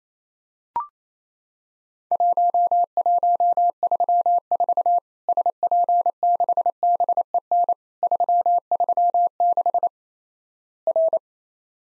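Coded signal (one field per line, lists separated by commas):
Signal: Morse code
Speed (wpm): 28 wpm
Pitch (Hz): 700 Hz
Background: none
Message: 1134 SP6BEN 336 R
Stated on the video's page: Practice Morse at 28 wpm simulating Worked All Europe DX Contest QTC exchanges, with random misses and repeat requests.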